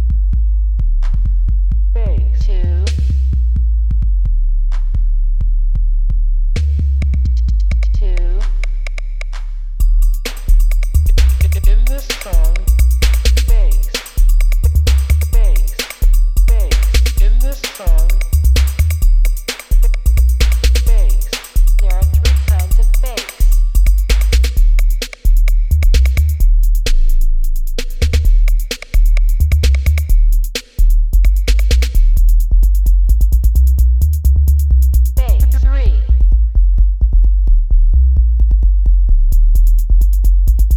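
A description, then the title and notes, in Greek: A subwoofer bass test with a deep, heavy rumble that holds under the whole clip. Brief spoken phrases come at the start, near 7 seconds and near 35 seconds, while from about 10 to 35 seconds a dense, rapid pulsing with thin steady high tones plays above it. Subwoofer Τεστ – 3 Τύποι Bass.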